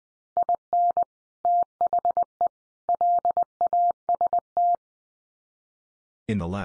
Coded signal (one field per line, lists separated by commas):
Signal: Morse code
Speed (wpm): 20 wpm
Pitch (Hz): 700 Hz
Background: none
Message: IN THE LAST